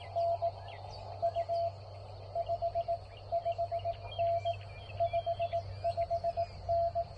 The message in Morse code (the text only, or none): NU 55N 55N